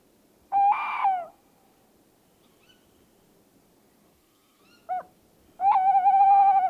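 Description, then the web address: Tawny owl calls, three harmonic tonal notes, a short one between two longer ones, the last long and wavering, over quiet background. "STRIX ALUCO. eurasian tawny wood owl"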